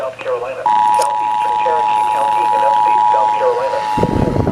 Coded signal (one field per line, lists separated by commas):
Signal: Emergency Alert System (SAME) tones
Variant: 853 and 960 Hz attention tone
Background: speech